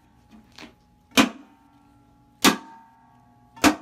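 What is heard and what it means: A one-piece plastic/metal Alcoa Wheels truck hub cover is tapped with a rubber hammer over its Secure Retention System nuts on the wheel studs. A faint tap comes at 0.6 s, then sharp ringing strikes at 1.2 s and 2.5 s as the cover snaps into place, with a similar strike near 3.7 s. The hub cover ends up fully seated.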